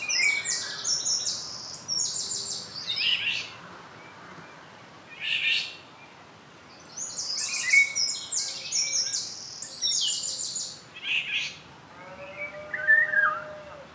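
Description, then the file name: Eurasian wren delivering repeated bursts of high, rapid, rattling song with gaps between, and a softer, lower whistled sound near the end. "Troglodytes troglodytes"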